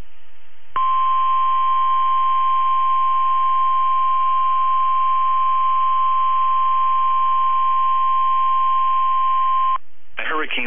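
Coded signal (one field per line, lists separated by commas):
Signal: Emergency Alert System (SAME) tones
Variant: 1050 Hz attention tone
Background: speech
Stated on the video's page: Weather radio hurricane and tropical storm warnings recorded via stream from 162.550 MHz, 1 kW transmitter at Ruskin, Florida.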